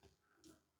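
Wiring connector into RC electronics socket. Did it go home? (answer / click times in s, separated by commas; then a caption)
no / none. A wiring plug is pushed toward its socket on a Hobby Plus Rock Van RC van's electronics, with only soft, faint handling and rubbing sounds. Nothing has seated or clicked yet.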